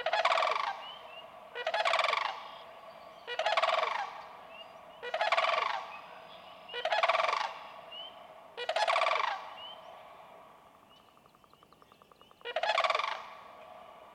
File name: Sandhill Crane